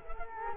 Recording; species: mosquito wingbeat signal from an infrared sensor; Culex quinquefasciatus